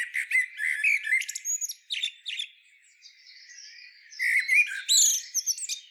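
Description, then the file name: Common blackbird giving chattering squeaks and thin whistles, quieter in the middle, then another busy burst of squeaky notes. "Turdus merula"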